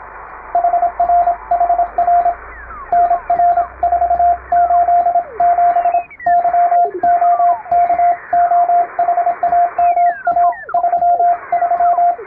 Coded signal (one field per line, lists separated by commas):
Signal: Morse code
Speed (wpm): 32 wpm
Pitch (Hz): 700 Hz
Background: radio noise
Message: HRHR NR487 YOKOHAMA 33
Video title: 毎日聴けるモールスチャンネル！アマチュア無線のＣＷトレーニングに！YouTubeの再生速度を調整して聴きやすい速度から始めよう(morse code practice radio operator )